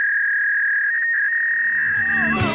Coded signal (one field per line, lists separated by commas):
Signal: fax machine handshake